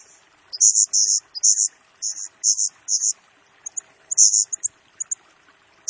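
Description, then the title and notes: Blue-crowned hanging parrot calls: loud, high, harsh chirps repeated in a steady series, then a looser run of thinner notes. Masteran lure and training song of a Serindit singing actively in rapid-fire 'nembak' style, used to train and attract other birds, said to stir up all birds. "Burung Serindit Nembak Gacor Bikin Emosi Semua Burung. Suara Nasteran Dan Pemikat Burung Serinditan Gacor"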